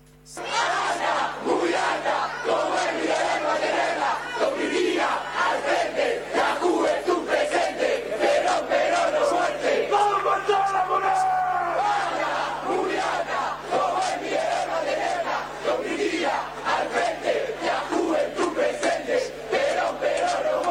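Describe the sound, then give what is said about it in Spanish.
A large crowd chants and shouts slogans in unison, a loud, dense roar of many voices that keeps going steadily for the whole stretch with rhythmic rises and falls. “Le voy a contar la vida de tres jóvenes que gritaron alguna vez Juventud Presente, Perón, Perón o Muerte, y que hoy son protagonistas de nuestro presente”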